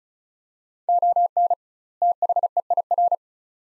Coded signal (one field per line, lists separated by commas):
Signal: Morse code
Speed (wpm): 36 wpm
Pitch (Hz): 700 Hz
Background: none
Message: ON THEIR